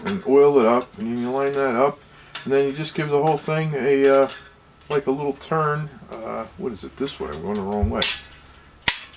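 Someone talks while turning the oiled, Scotch-Brite-buffed top section of a Pennsylvania Railroad Keystone KC "Casey" lantern onto the bayonet-style pins of the lantern frame, reversing direction partway through. A sharp click at 8.9 s marks the pin snapping into place and the top locking on the frame.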